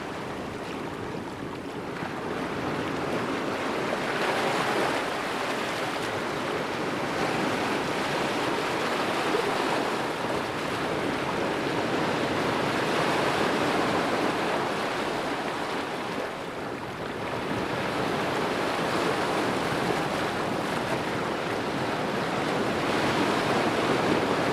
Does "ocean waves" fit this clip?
yes